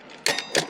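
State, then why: Seated. During the fold of a UTO Afternoon Pro20 folding e-bike, a small rubber bung at the center is pulled, and the folding part spins around and locks into place at the back of the metal frame. A sharp, bright hit at 0.3 s marks the lock, followed by a softer tick and a second rattling impact near 0.6 s. The part is seated.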